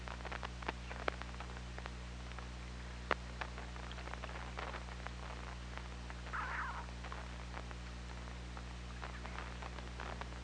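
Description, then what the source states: Killer whale call, a single short tonal burst partway through, surrounded by irregular sharp clicks over a steady low hum. Recorded underwater by OrcaLab hydrophone on 24 August 2017 at 21:22.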